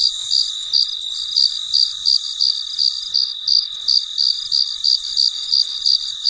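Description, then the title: Cricket chirping in steady short pulses, about three per second, high and clear over a faint continuous hiss. Late at night, in deep quiet. "深夜录制蟋蟀昆虫声"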